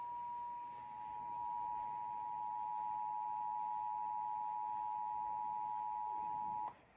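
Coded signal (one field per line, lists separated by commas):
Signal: Emergency Alert System (SAME) tones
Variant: 853 and 960 Hz attention tone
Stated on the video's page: Pennsylvania Required Monthly Test EAS tones as relayed by local TV stations and Comcast cable.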